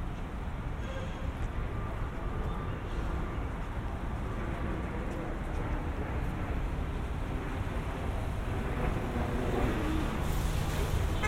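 A suburban walk home from the mall with a steady low rumble of passing traffic, a brief faint tone near the start and a louder swell toward the end.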